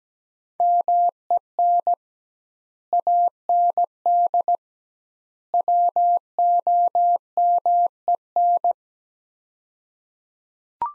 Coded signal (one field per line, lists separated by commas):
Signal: Morse code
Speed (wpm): 17 wpm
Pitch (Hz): 700 Hz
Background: none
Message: MEN AND WOMEN